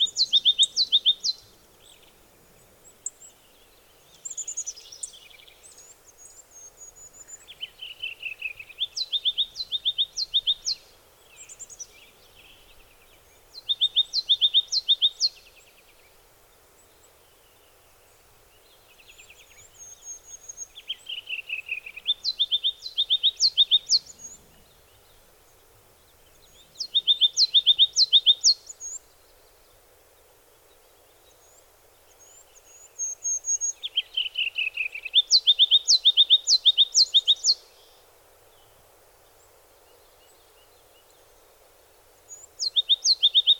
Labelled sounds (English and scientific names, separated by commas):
Ruby-crowned Kinglet (Corthylio calendula) song